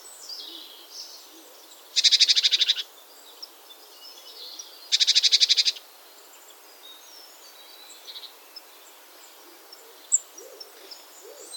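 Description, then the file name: Great tit churring twice, each a harsh buzzy rattle of rapid pulses lasting under a second, separated by a short pause, with background birdsong. "Parus major"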